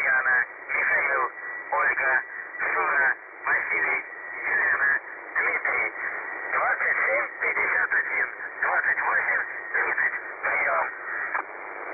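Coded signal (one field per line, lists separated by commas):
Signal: numbers station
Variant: UVB-76, Russian voice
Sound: narrowband radio voice steadily reading words or syllables with short pauses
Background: radio static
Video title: The Buzzer/UVB-76 Voice Message (December 2, 2020 11:05 UTC)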